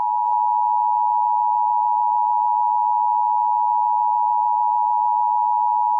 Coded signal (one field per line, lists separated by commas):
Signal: Emergency Alert System (SAME) tones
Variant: 853 and 960 Hz attention tone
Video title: EAS Scenario #2 Pac-Man